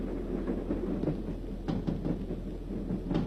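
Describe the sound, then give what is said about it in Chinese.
A military train rushing past at night, a steady heavy rumble with faint rhythmic clacks and a few brief metallic hits rising above it, holding an even loudness for the whole stretch with no voices. “一列军用火车在夜色中奔驰而过，林彪在车厢里正看书。”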